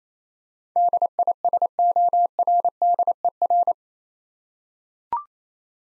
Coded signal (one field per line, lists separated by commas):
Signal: Morse code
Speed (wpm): 27 wpm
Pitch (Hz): 700 Hz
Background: none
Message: DISORDER